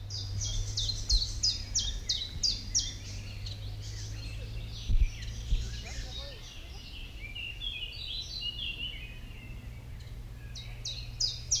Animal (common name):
Common Chiffchaff